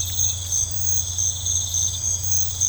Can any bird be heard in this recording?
no